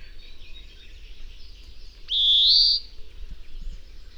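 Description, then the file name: European greenfinch with a single nasal, rising wheeze lasting under a second, against quiet background twittering. "Chloris chloris"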